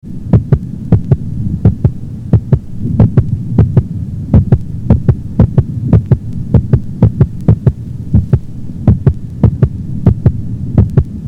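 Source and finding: Heart by stethoscope. Sinus arrhythmia with mitral regurgitation murmur.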